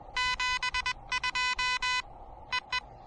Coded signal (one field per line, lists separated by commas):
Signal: Morse code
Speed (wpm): 21 wpm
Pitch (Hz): 2000 Hz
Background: none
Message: 72 E E